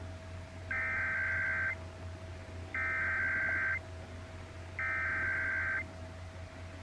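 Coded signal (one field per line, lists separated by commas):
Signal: Emergency Alert System (SAME) tones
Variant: header bursts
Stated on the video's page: Required monthly test.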